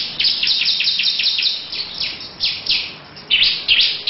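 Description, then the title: Lovebird giving a fast, scratchy chatter of sharp descending chirps, roughly two or three per second, with a few louder shrill notes at the end. Long 'ngekek' song. "Audio Lovebird Ngekek Panjang Ciblek"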